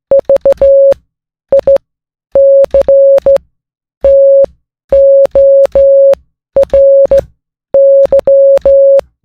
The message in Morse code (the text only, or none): VICTORY